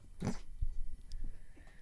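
Soft, low, irregular rumbling bursts in a quiet room: ordinary stomach gurgling (borborygmi) from an adult's abdomen, often linked with hunger.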